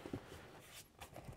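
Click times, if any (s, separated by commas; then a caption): none. A seat part on a Tesla Model Y car seat frame is handled and pushed in after the seat covers are fitted, making soft, muffled rustling and low thuds over about 1.4 seconds. Nothing has seated or clicked yet; the part is not yet locked home.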